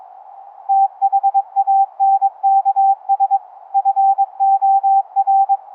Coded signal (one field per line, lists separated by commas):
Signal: Morse code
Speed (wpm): 22 wpm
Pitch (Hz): 790 Hz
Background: none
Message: THANKS FOR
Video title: infrasonic, 11hz, ELF EMF Through The Earth Cave Radio CW Morse Code Transmitter/Receiver LIVE DEMO